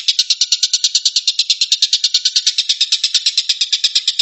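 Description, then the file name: Stork-billed kingfisher delivering a quick, even chatter of rasping notes, continuous from start to finish. Rapid call style known locally as tembakan, meaning shooting. "suara tembakan tengkek buto"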